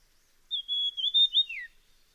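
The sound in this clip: Dusky fulvetta calling with a thin, high whistle that holds steady, breaks into short wavering notes and ends in a falling slur, in a quiet background.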